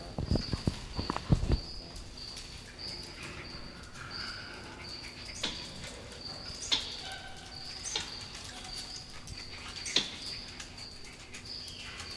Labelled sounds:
White-nosed Coati call

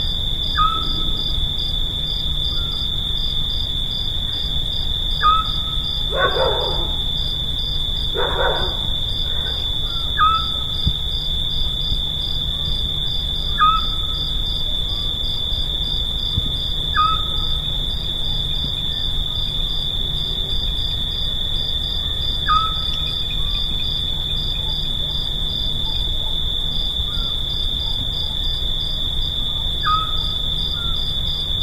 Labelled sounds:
Eurasian Scops Owl song

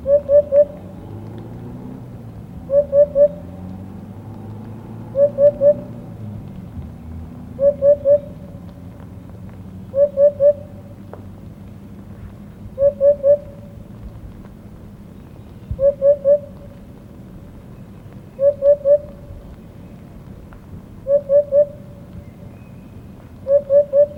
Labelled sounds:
Eurasian Hoopoe song

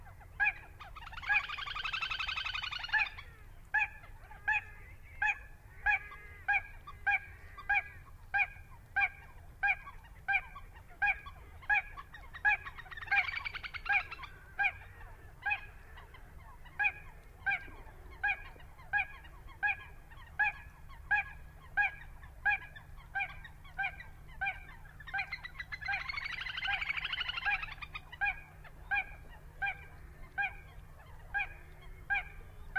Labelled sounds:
Little Crake

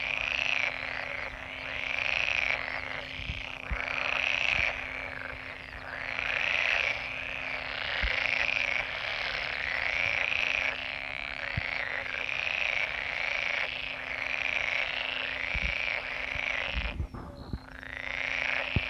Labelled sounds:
Pool Frog call

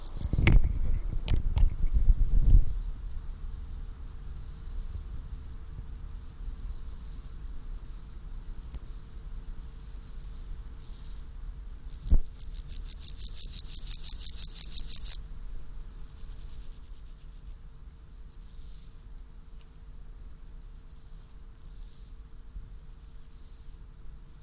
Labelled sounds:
Meadow Grasshopper stridulation

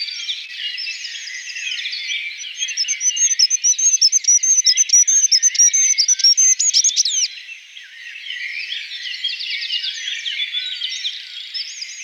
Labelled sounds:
Goldcrest song

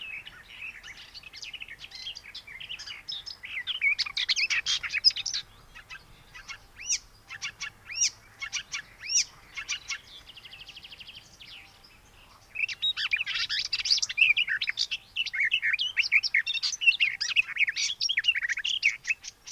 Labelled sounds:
Icterine Warbler song

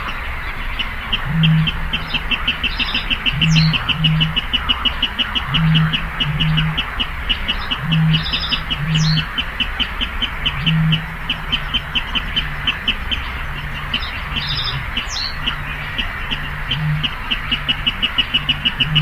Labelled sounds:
Water Rail

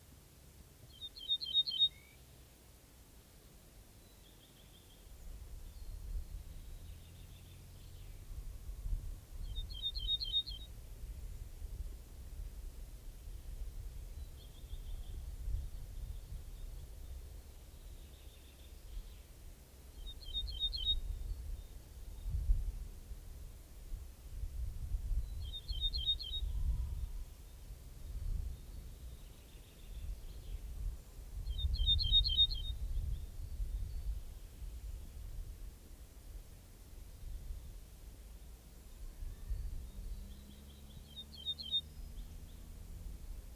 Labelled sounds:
Ortolan Bunting song

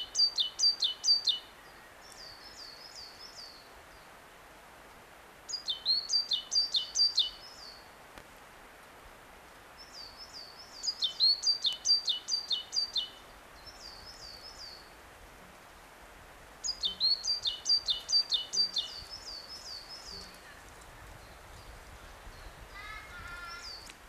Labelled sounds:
Coal Tit song

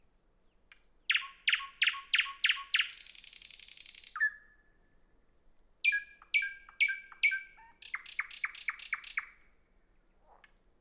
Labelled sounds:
Thrush Nightingale song

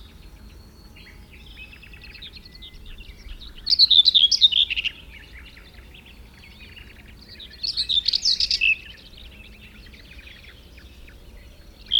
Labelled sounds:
Common Whitethroat song

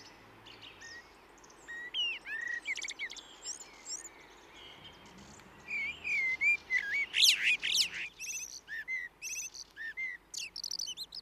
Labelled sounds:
Common Blackbird song

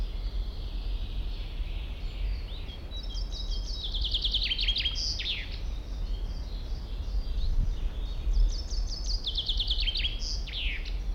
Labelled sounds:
Common Chaffinch

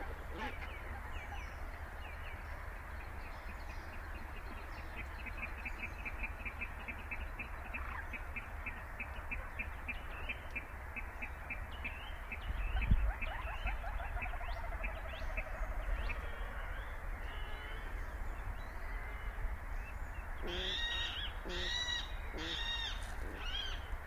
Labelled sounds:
Little Crake

